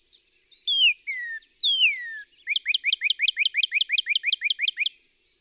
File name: Northern Cardinal